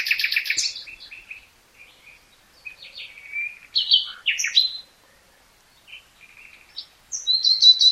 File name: Luscinia megarhynchos